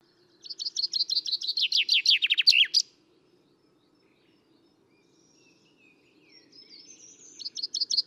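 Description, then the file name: Common chaffinch song: a quick trill of repeated chirps ending in a sharp flourish, then a pause and the start of another trill near the end. "Fringilla coelebs"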